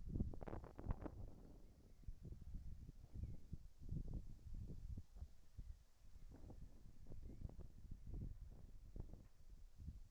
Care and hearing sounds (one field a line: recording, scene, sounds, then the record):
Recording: everyday scene through a hearing-aid microphone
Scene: wind on the microphone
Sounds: wind, whistling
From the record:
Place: in front of a rural house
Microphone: behind the ear, right, front